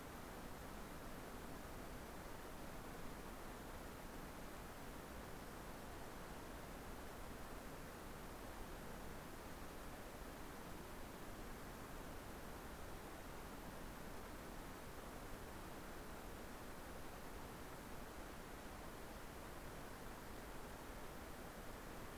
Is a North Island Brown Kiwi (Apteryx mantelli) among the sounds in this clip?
no